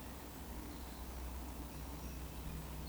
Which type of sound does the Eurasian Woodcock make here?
whistle